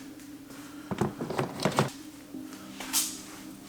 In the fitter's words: That just clicks into place.